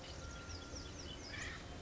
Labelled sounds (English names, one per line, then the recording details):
Acorn Woodpecker
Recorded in Sonoma County, California